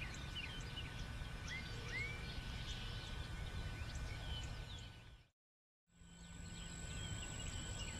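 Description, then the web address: Chorus of numerous birds with quick chirps and a few upward-sweeping whistles over a constant low hum, briefly cut to silence before resuming. Many birds recorded in Bexar County, Texas, on the morning of 19 March 2006. "bexar Many Birds 20060319 AM"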